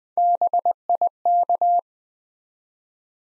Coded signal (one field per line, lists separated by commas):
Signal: Morse code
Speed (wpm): 20 wpm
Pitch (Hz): 700 Hz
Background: none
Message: BIK